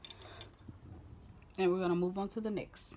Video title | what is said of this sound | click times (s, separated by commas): Cocomelon Embroidered Shirt | I'm gonna slide that back in. Everything is snapped into place. | 0.0 s